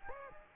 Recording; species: mosquito wingbeat signal from an infrared sensor; Anopheles gambiae